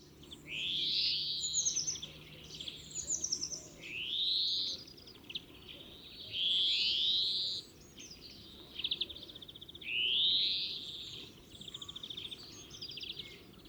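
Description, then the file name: European greenfinch song: rising nasal wheezes repeated every few seconds, linked by dry trills and chattering notes. "Chloris chloris"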